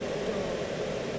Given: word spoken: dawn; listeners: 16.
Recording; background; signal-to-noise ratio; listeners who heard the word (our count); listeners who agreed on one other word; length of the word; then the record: one English word in noise, from a listening test; speech-shaped noise; -6.9 dB; 1 of 16; 8 of 16; 0.79 s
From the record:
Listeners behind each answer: 8, 1, 1, 1, 1, 1, 1, 1, 1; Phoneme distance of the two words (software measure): 7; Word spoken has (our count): 1 syllable, 3 phonemes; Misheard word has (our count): 1 syllable, 2 phonemes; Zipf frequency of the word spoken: 4.34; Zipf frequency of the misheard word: 5.26